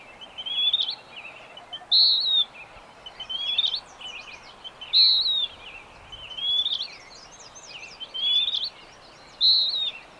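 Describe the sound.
Bird song of repeated high whistled phrases, a loud note every few seconds alternating with softer phrases, faint hiss throughout.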